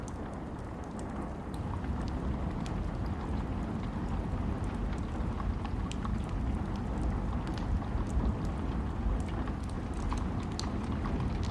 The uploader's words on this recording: Campfire audio + wind. Campifre sounds with wind in the background.